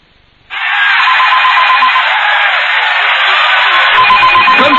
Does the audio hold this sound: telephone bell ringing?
yes